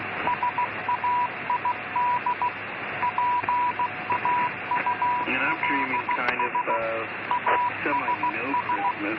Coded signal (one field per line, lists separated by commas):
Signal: Morse code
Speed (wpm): 15 wpm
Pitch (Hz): 980 Hz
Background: speech, radio noise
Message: SAID PAULS ASS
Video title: ILLEGAL RADIO